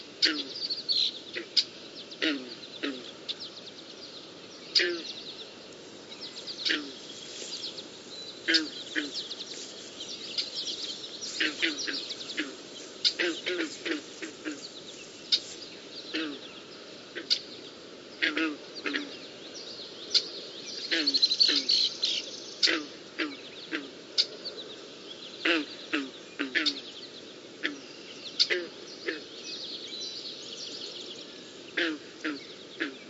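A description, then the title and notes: Blackbirds and frogs call in a marsh. Bright, rapid bird calls and clicks come in dense, irregular bursts throughout the 33 seconds, with a louder burst around 21 seconds. A steady low chorus of frog croaks runs underneath. A nice, relaxing soundscape of blackbirds and frogs in the marsh at the bottom of my neighborhood. Frogs And Blackbirds.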